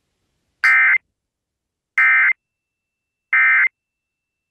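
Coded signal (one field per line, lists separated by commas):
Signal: Emergency Alert System (SAME) tones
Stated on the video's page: Virginia statewide tornado drill on AM/FM broadcast, with new NOAA text-to-speech voice; audio somewhat distorted.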